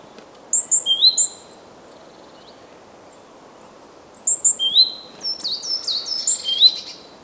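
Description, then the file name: Great tit calling: a quick cluster of high, thin chips, a pause of about three seconds, then a longer run of sharp, downward-sweeping notes over soft hiss. "Parus major"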